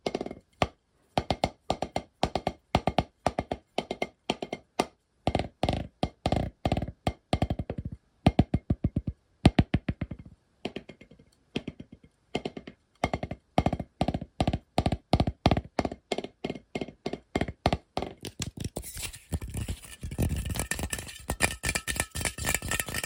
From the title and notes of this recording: ASMR LOFI Fast & Aggressive Tapping & Scratching (No Talking).